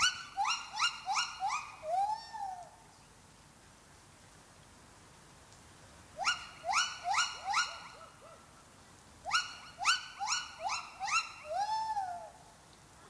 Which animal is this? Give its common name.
Silvery Javan Gibbon